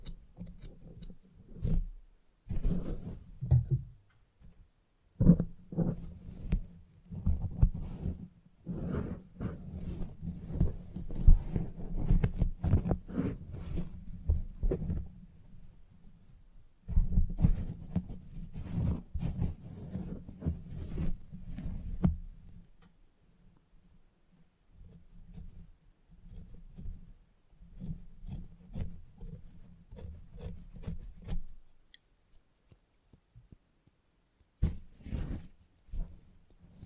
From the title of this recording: Salon Haircut Head Massage, Scissors and Clipper